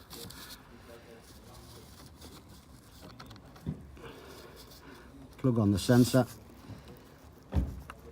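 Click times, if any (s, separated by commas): 7.9 s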